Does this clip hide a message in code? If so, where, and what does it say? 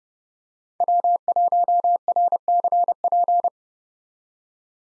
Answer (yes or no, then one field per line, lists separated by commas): yes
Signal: Morse code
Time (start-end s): 0.8-3.5 s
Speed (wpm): 30 wpm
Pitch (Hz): 700 Hz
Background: none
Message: W1RCP